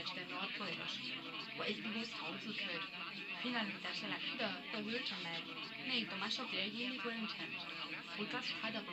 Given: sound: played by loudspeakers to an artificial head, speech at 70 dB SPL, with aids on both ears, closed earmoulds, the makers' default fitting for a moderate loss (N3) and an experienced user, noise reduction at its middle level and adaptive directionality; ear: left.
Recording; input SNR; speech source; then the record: speech test signal (ISTS) in cocktail-party noise; +3 dB; on the right (90 degrees)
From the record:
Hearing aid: class 1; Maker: D